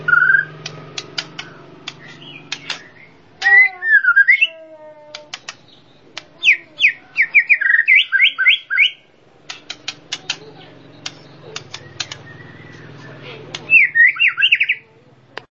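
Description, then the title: Songbird delivering varied whistled phrases, rapid zigzag trills and dry ticking chips, with short pauses between bursts and a low hum underneath. Complete set of masteran bird song. "Kicau Burung Masteran Lengkap"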